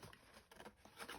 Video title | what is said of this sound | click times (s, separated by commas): Album my first year | pour pour le maintenir ouvert vous avez entendu tac voilà donc | 1.1 s